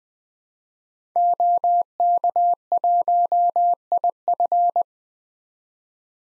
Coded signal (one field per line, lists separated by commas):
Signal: Morse code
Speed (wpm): 20 wpm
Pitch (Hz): 700 Hz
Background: none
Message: OK1IF